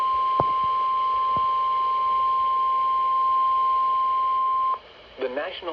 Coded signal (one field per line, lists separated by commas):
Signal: Emergency Alert System (SAME) tones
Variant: 1050 Hz attention tone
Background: speech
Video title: Severe Thunderstorm Warning (EAS #23)